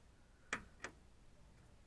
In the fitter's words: So you need to get them in the tracks and then press down until you hear 2 clicks.